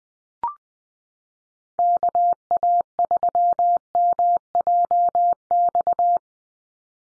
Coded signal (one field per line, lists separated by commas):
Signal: Morse code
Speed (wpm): 20 wpm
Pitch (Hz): 700 Hz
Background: none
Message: KA3MJX